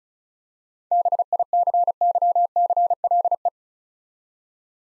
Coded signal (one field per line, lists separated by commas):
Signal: Morse code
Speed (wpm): 34 wpm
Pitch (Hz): 700 Hz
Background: none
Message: BICYCLE